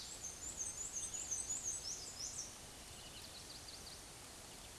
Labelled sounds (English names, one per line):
Black-and-white Warbler song